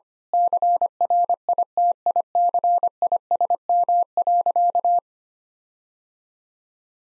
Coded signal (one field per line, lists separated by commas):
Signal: Morse code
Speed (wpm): 25 wpm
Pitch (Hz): 700 Hz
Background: none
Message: CRITICISM.